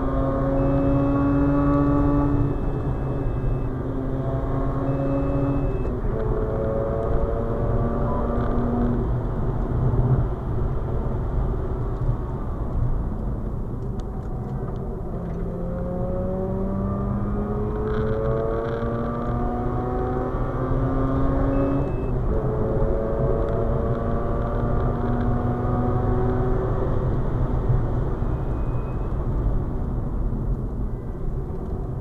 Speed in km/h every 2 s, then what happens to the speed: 123, 120, 126, 137, 131, 110, 75, 84, 99, 114, 125, 135, 145, 131, 84, 73.
2-6 speeds up to 137. 6-13 brakes to 75. 13-25 speeds up to 145. 25-32 brakes to 73.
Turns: 9-18, 28-32.